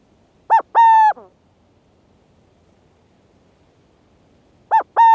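Burrowing owl calling: a brief note followed by a drawn-out even hoot, the pair repeated once after a pause of about four seconds.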